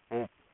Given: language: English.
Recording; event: throat vibration sensor signal played as sound; speech